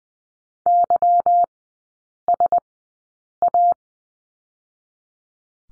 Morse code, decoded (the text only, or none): YSA